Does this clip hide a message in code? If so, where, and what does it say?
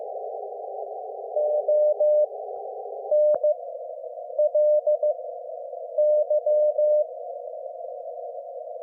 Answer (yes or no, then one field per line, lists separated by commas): yes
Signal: Morse code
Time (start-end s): 1.4-7.0 s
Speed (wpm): 15 wpm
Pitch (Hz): 600 Hz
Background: none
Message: ONLY